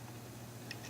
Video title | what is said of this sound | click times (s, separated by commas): ENERAC Model : 500, Combustion Efficiency Emission Analyzers | you just press it on and the collar goes forward and it locks into place now your probe is connected | 0.7 s